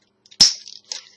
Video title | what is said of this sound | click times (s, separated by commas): Transformers Masterpiece Sideswipe et Red Alert | Et vous entendez le clic est fort. | 0.4 s